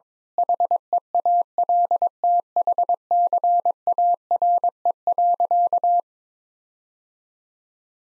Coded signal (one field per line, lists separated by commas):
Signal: Morse code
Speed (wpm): 21 wpm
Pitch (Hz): 700 Hz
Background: none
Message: HEALTHCARE.